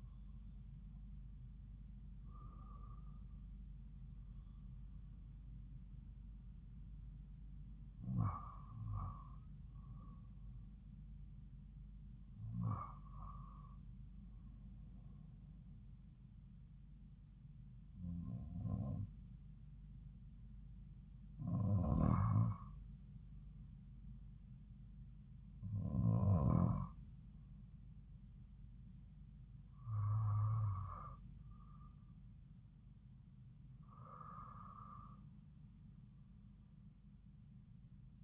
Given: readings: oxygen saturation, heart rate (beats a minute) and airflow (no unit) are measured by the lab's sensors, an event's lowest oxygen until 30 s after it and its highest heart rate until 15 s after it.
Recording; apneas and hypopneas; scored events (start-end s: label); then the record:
breathing in sleep by a smartphone at the bedside; 1
12.00-31.10 s: hypopnea (REM, oxygen 97% highest, then 94% lowest)
From the record:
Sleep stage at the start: REM sleep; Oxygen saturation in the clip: 88 to 97%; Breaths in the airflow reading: 8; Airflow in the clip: -4.2 to 5.3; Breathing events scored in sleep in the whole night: 270 in 6.1 hours asleep